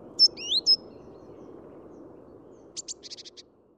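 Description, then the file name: Great tit calls: a few sharp whistled notes sliding up and down, followed after a pause by a quick series of short, clipped high notes. "Parus major"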